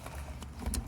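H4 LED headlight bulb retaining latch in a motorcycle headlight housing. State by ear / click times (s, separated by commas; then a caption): not seated / none. An installer works an H4 LED headlight bulb's retaining latch inside a cramped, very tight motorcycle headlight housing, producing faint scraping and small ticks, the loudest near 0.7 s, over a low hum. The clip won't latch, and nothing has seated or clicked yet.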